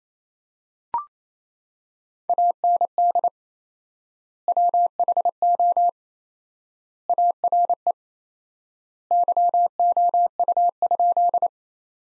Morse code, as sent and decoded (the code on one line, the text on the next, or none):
.- -. -.. / .-- .... --- / .- .-. . / -.-- --- ..- ..--..
AND WHO ARE YOU?